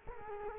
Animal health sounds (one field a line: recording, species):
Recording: mosquito wingbeat signal from an infrared sensor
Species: Culex quinquefasciatus